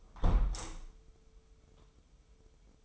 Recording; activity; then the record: daily activity, microphone in the room; close window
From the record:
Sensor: 1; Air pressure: 995.7 hPa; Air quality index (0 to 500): 51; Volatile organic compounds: 1 ppm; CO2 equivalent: 939 ppm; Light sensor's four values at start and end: 30/104/40/42 and 30/103/39/41